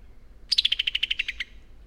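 Bird song: a single rapid trill of about a dozen bright, evenly spaced notes lasting about one second.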